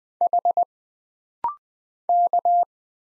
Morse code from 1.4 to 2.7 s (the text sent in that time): K